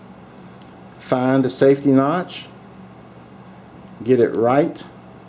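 With the trigger held on a North American Arms 22 mag/22LR folding-grip mini revolver, the metal hammer is being handled toward the cylinder's safety notch between chambers. Someone talks over a steady low hum. Nothing has seated or clicked yet.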